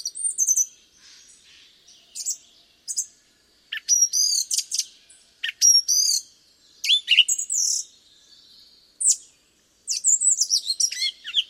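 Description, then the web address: Song thrush song: a run of varied, bright, high phrases, several notes repeated two or three times in quick succession, separated by short pauses. "cianscape birddata Deverinetal 2025"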